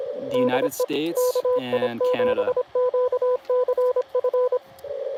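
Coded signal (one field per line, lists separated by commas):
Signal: Morse code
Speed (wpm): 25 wpm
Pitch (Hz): 1000 Hz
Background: speech, radio noise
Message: DE KI7QCF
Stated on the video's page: CW from a Parks on the Air activation at Fort Deseret, Utah.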